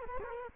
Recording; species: mosquito wingbeat signal from an infrared sensor; Culex quinquefasciatus